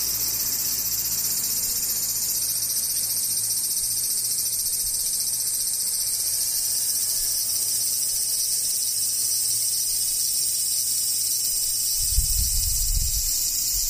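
Cicadas (セミ) buzz in a steady, dense, high-pitched drone that holds unchanged through the whole clip. Faint low hum sits underneath, and around the twelfth second a brief low rumble rises and fades.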